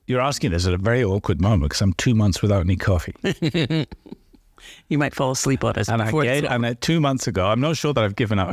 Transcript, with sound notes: You’re asking this at a very awkward moment because I’m two months without any coffee.
(Chuckles.) You might fall asleep on us.
Two months ago. I’m not sure that I’ve given up.